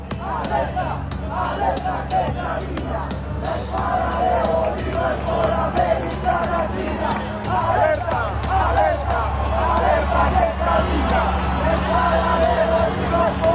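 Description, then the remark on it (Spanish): A large crowd of Gustavo Petro's supporters chants and shouts in unison at his inauguration, a dense, steady roar of many voices lasting throughout, with sharp claps or bangs punctuating the noise. “Ahí está el grito de los adeptos de Gustavo Petro que le acompañaban.”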